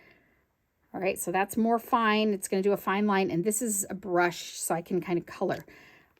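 A plastic cap is being handled on an alcohol brush marker, to be pushed on until it clicks shut so the marker does not dry out, while someone talks throughout. The clip ends before the cap goes home, so nothing has seated or clicked yet.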